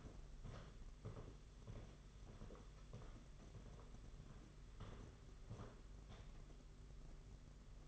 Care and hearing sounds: daily activity, microphone in the room; walk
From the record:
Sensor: 4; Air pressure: 992.4 hPa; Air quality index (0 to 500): 132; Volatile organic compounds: 50 ppm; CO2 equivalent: 3292 ppm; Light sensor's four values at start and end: 20/72/26/27 and 20/72/26/27

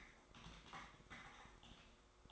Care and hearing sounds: daily activity, microphone in the room; typing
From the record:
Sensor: 3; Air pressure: 1004.4 hPa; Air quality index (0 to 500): 196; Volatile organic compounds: 14 ppm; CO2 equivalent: 2455 ppm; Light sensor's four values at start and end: 6/16/5/6 and 6/16/5/6

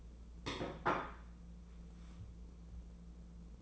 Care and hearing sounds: daily activity, microphone in the room; place plate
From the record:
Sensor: 1

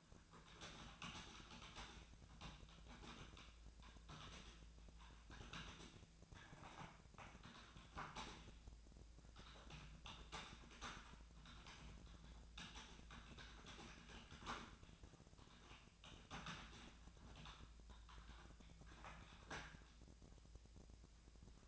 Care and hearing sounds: daily activity, microphone in the room; typing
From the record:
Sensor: 2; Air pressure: 1000.0 hPa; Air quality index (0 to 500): 129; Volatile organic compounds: 2 ppm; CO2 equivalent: 1105 ppm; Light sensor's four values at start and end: 24/60/26/29 and 24/61/26/29

